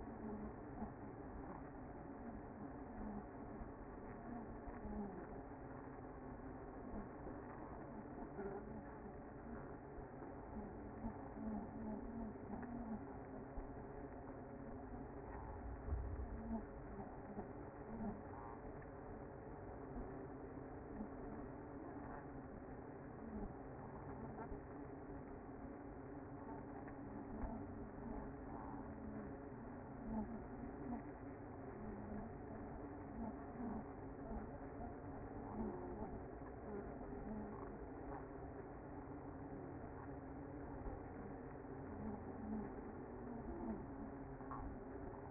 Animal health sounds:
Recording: honeybee colony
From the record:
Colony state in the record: active

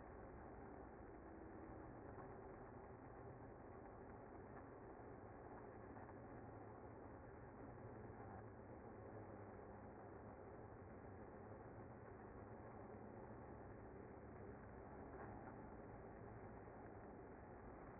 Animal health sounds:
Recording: honeybee colony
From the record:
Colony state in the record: active

